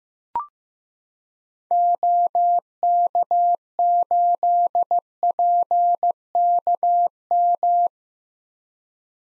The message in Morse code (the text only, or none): OK8PKM